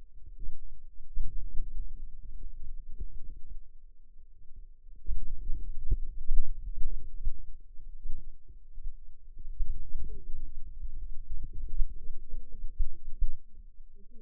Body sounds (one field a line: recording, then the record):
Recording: forearm muscle sounds (acoustic myography)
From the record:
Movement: outward rotation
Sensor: system 2, bracelet of six BSWA MPA416 microphones around the upper forearm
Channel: 1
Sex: female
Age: 21 years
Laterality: right